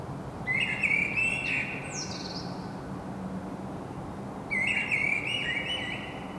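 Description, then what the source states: Common blackbird song: two clear mellow warbles, each ending in a squeaky high twitter, with a brief descending high note between them and low constant hum. Singing, recorded in Saint-Gilles, Belgium, with a Sony PCM-M10 internal microphone.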